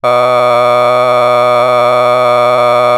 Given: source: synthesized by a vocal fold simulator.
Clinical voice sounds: sustained vowel; male; a random mix of aspiration noise, stiffness perturbation and strain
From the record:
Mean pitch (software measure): 123 Hz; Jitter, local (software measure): 1.24%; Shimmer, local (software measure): 3.6%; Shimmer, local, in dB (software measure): 0.33 dB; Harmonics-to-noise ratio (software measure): 15.4 dB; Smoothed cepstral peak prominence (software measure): 19.6 dB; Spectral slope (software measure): -13.5 dB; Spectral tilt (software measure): -10.0 dB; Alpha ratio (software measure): -4.0 dB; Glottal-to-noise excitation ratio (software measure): 0.992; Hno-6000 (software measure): 2.0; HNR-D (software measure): 26.5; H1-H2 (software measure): 1.1 dB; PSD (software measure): 1.3e-04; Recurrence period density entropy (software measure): 0.116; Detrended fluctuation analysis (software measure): 0.0286

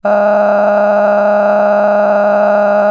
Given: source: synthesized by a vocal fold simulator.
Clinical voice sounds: sustained vowel; female; cycle-to-cycle stiffness perturbation (roughness), level 9 of 10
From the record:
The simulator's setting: 5.86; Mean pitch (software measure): 206 Hz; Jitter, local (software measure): 2.96%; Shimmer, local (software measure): 18.0%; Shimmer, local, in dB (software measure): 1.59 dB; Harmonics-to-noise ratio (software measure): 11.1 dB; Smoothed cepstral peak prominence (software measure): 13.9 dB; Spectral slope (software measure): -21.7 dB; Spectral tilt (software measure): -11.9 dB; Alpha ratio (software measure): -12.2 dB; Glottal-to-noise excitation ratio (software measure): 0.943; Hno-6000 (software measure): 2.3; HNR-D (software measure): 28.0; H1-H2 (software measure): -0.2 dB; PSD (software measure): 1.2e-04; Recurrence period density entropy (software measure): 0.113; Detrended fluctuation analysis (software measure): 0.0290

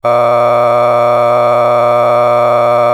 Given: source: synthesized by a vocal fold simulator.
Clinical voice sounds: sustained vowel; male; a random mix of aspiration noise, stiffness perturbation and strain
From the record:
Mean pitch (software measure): 120 Hz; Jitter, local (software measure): 2.13%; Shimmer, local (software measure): 4.6%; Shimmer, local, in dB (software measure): 0.39 dB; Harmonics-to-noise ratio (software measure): 12.2 dB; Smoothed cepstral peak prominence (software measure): 16.0 dB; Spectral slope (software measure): -16.0 dB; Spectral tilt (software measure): -11.1 dB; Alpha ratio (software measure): -6.5 dB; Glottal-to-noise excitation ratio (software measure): 0.966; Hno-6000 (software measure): 2.2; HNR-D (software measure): 24.1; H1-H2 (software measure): 3.6 dB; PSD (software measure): 1.5e-04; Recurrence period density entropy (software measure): 0.110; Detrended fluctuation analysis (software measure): 0.0378

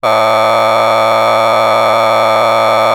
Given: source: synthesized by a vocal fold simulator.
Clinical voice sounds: sustained vowel; male; a random mix of aspiration noise, stiffness perturbation and strain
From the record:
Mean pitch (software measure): 111 Hz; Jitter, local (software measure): 3.11%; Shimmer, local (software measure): 4.5%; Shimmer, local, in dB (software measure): 0.30 dB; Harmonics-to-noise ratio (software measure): 6.0 dB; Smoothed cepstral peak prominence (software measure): 12.9 dB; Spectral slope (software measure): -12.7 dB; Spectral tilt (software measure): -10.1 dB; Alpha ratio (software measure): -3.2 dB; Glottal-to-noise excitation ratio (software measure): 0.978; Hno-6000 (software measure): 1.8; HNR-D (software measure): 20.2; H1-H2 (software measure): 0.6 dB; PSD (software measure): 2.6e-04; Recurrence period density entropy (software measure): 0.128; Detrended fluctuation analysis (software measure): 0.0321

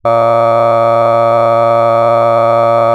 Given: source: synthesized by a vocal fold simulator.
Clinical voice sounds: sustained vowel; male; cycle-to-cycle stiffness perturbation (roughness), level 5 of 10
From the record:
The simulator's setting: 2.75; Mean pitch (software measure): 115 Hz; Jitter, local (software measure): 1.49%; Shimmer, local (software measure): 5.7%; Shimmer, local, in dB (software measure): 0.50 dB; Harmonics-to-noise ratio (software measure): 16.0 dB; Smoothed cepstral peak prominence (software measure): 19.8 dB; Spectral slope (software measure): -17.1 dB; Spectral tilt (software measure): -11.6 dB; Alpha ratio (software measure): -7.5 dB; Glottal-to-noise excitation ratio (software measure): 0.994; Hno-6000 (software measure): 2.4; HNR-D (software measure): 21.5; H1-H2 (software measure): 5.0 dB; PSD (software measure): 1.1e-04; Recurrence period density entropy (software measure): 0.107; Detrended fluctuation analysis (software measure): 0.0538

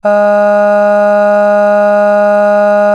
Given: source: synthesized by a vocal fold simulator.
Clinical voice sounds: sustained vowel; female; aspiration noise (breathiness), level 4 of 10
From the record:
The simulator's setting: 0.61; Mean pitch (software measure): 206 Hz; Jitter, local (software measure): 0.26%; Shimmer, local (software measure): 2.5%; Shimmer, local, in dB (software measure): 0.22 dB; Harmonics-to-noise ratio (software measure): 26.8 dB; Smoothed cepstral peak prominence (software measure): 17.1 dB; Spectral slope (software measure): -21.9 dB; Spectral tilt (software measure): -8.0 dB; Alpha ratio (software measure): -12.4 dB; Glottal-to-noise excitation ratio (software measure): 0.949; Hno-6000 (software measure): 2.3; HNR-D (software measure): 40.5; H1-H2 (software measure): 9.5 dB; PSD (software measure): 1.6e-05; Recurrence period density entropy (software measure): 0.125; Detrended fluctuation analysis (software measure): 0.0274

